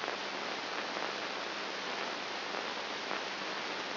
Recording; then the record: brain microelectrode recording played as sound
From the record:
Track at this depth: inside the subthalamic nucleus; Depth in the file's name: 4.301 mm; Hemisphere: right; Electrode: 2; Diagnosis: Parkinson's disease